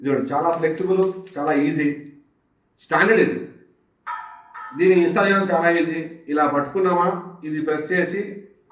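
A gas safety device is held over an LPG cylinder valve and pressed down while someone talks throughout. Nothing has seated or clicked onto the valve yet.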